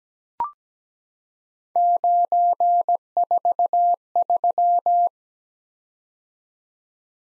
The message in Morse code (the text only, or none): 943